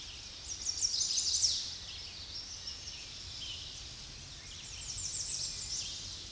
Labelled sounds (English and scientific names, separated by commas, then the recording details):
American Redstart (Setophaga ruticilla) song
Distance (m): 30 m
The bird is about level with the microphone
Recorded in a Pennsylvania forest on 16 May 2024 at 07:40
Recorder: AudioMoth, point MSD-0263
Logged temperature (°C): 16.0 °C
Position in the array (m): 116 m, 228 m